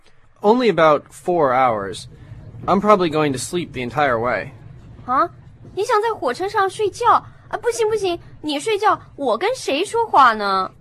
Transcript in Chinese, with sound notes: Only about four hours. I'm probably going to sleep the entire way. (train leaving station, announcer in background)
你想在火车上睡觉？不行，你睡觉我跟谁说话呐？